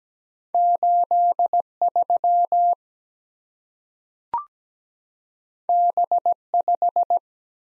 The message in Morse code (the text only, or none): 83 B5